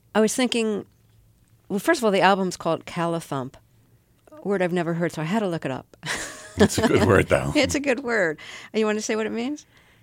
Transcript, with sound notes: I was thinking - well, first of all, the album's called "Callithump." A word I've never heard before. So I had to look it up. (Laughter).
It's a good word though.
It's a good word. And you want to say what it means?